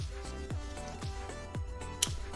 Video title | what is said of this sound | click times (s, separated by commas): Zhiyun Weebill S Review/Comparison and Discount Code 20% Off!! | and hear the click it kind of locks in and | 2.0 s